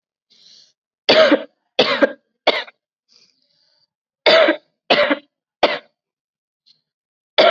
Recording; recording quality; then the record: heavy voluntary cough; excellent, no background noise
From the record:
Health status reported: COVID-19 positive, mild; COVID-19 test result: positive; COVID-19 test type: RT-PCR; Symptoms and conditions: cough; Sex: female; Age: 19 years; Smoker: no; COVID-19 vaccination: both doses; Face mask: worn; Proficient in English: yes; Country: India